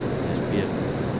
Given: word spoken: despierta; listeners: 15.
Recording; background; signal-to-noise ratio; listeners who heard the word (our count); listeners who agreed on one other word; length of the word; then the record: one Spanish word in noise, from a listening test; speech-shaped noise; -6.9 dB; 3 of 15; 7 of 15; 0.80 s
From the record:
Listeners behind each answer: 7, 3, 1, 1, 1, 1, 1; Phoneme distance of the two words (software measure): 10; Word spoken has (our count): 3 syllables, 9 phonemes, stress on syllable 2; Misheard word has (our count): 3 syllables, 9 phonemes, stress on syllable 2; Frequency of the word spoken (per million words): 15.63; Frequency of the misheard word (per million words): 7.32